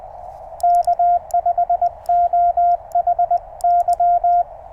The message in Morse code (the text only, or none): K5OHY